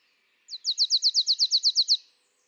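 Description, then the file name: Marsh tit uttering a high, rapid rattle of about twelve evenly spaced descending notes that ends abruptly after about a second and a half. "Poecile palustris"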